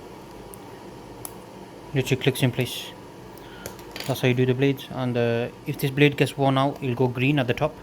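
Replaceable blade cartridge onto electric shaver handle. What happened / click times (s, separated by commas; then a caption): The blade cartridge snapped onto the handle / 1.2 s. A replaceable plastic and metal blade cartridge is pushed onto the handle of a Philips OneBlade electric shaver and seats with a sharp click at 1.3 s. A few faint ticks follow at about 3.7 s and 4.0 s, then someone talks.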